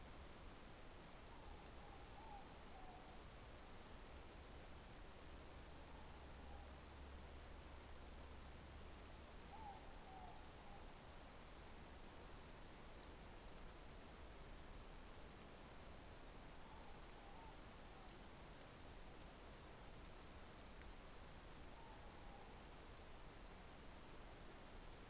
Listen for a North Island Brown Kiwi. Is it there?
no